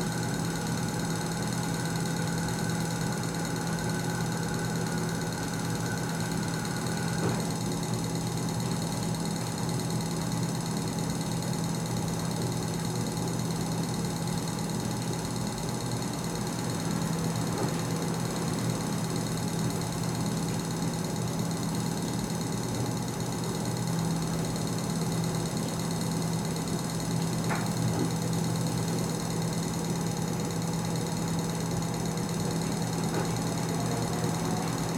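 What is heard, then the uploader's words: A laundromat in Osaka fills the recording with a constant low machine drone, a steady hum of washers or dryers running without pause. A thin whine holds above it and stops around seven seconds in. Faint clicks and knocks surface now and then, near 18 and 28 seconds. Laundromat Osaka.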